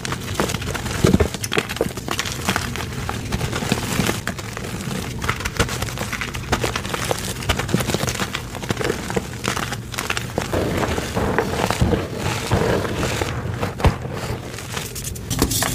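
Gym chalk is handled, with dense, continuous crinkling, crumbling and rubbing sounds. Sharper cracks and squeezes stand out every second or so, strongest near the start and around 12 to 14 seconds, over a low steady hum.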